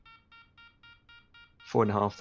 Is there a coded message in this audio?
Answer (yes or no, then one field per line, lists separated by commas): no